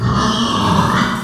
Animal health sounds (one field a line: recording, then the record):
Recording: squeal of a Yucatan mini pig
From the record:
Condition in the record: after surgery on the right vocal fold (resection and tissue-engineered implant)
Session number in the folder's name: 16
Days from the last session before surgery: 183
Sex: female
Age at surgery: 19 weeks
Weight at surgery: 25 kg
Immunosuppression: prednisolone